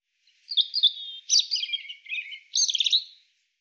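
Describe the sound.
European robin song: a thin whistled opening followed by several quick jumbled trilled phrases, high pitched and clean, lasting close to three seconds.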